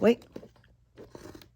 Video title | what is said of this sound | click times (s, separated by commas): TRAXXAS SLASH 4X4 - LOW CENTER of GRAVITY CHASSIS Conversion Kit (#7421) INSTALLATION | there did it pop into place | 1.4 s